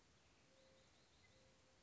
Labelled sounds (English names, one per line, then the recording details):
Mourning Dove
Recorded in Sonoma County, California